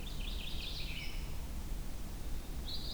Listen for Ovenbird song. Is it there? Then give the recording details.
no. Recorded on 23 June 2016 at 06:48. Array SBT-6-76